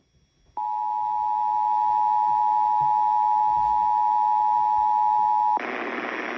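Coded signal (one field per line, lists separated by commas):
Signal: Emergency Alert System (SAME) tones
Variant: 853 and 960 Hz attention tone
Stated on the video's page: Required weekly test on a broadcast station.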